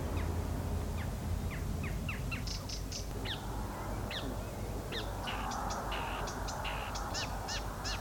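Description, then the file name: Marsh warbler song: a varied run of quick high notes and flicks that grows denser, with rumbling noise underneath. "Verderolle montage"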